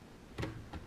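The visor of an AGV K3 SV motorcycle helmet is moved through its side pivot detents, giving two short ticks at about 0.4 and 0.7 seconds over quiet background noise. The visor snaps more clearly than on the other helmet, an HJC FG 17, but nothing has seated into its set position yet.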